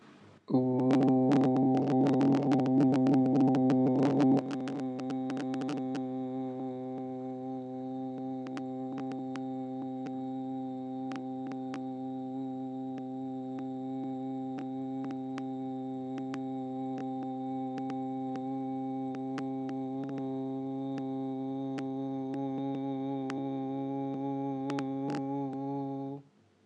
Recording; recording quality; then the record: sustained vowel as in boot; moderate, slight background noise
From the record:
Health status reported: healthy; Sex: male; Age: 27 years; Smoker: yes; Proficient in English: yes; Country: India